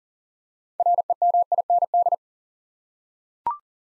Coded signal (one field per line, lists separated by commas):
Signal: Morse code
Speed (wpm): 40 wpm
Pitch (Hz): 700 Hz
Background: none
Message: REMIND